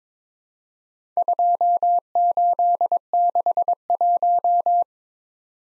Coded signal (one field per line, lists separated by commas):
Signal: Morse code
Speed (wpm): 22 wpm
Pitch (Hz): 700 Hz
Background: none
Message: 2861